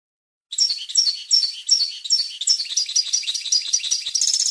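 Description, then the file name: European goldfinch twittering song: lively high phrases repeated in quick succession, building into a denser, buzzier jangle at the end; no other sounds. "audio burung goldfinch"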